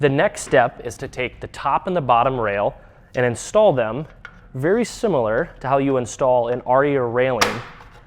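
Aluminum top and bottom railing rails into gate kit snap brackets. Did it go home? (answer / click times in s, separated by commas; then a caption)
no / none. Someone talks throughout while the aluminum top and bottom rails of an Aria Railing gate kit are handled, ready to be pushed into the gate's snap brackets. No distinct clicks stand out over the voice, and nothing has seated or clicked yet.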